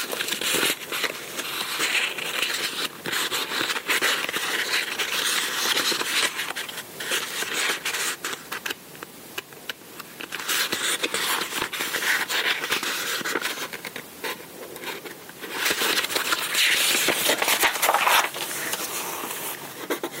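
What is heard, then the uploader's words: Paper shuffling and pencil writing fill the whole stretch with a dense, bright rustle and scratch, mostly in the upper range with little low end. Quick crackles and sharp flicks come irregularly, busiest around seven to twelve seconds and again near the end. Paper & Writing ASMR: Let the Soothing Sound of Writing Relax You. Listen to pages turning, papers shuffling, and writing with a pencil. Soothing ASMR sounds of paper and writing.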